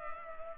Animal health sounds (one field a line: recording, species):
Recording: mosquito wingbeat signal from an infrared sensor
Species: Culex pipiens